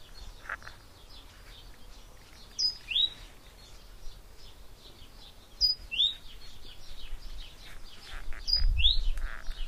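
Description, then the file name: Great tit call: a high two-part phrase, short tone then rising slur, repeated three times about every three seconds, with faint twittering from other birds. "Parus major"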